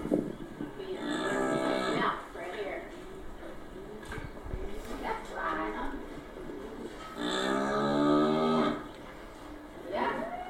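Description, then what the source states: Cow: cattle lowing in drawn-out harmonic moos, the strongest near the start and around eight seconds, with knocking and faint background noise between them. Cows in a stable.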